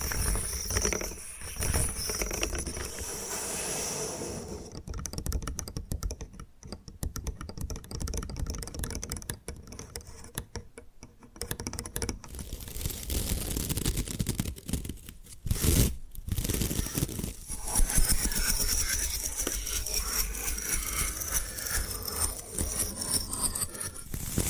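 Bamboo is tapped, scratched and brushed in dense, irregular clicks and rasps, with a quieter stretch of sparse taps around five to twelve seconds.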